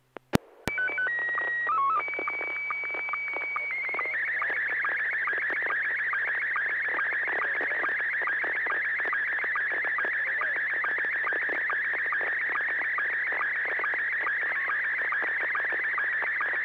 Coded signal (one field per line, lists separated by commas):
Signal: SSTV (slow-scan television)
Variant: Scottie 1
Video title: N6NA SSTV Net - 11/26/2025